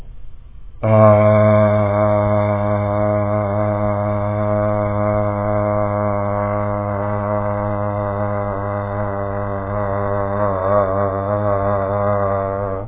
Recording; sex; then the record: sustained vowel /a/; male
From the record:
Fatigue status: fatigue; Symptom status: symptomatic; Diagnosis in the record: COVID-19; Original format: 3gp